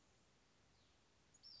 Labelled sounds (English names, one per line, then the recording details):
Western Flycatcher
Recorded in Sonoma County, California